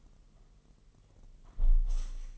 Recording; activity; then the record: daily activity, microphone in the room; close window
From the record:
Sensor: 4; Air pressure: 1001.0 hPa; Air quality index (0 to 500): 243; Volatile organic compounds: 41 ppm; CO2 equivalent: 3167 ppm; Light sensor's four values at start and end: 9/20/8/7 and 9/20/8/7